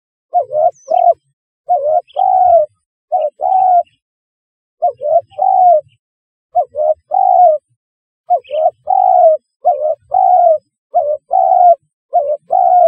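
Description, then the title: Spotted dove giving repeated mellow coos, short double notes followed by a longer coo, phrases coming in quick succession with brief gaps. "Tekukur"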